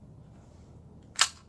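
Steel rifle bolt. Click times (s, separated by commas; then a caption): 1.2 s. After an aftermarket automatic bolt release is installed in a Ruger 10/22 rifle, the metal bolt is cycled to test it. A quiet, low background hum gives way to a single sharp, bright metallic click at 1.2 s as the bolt catches on the release and locks back into place.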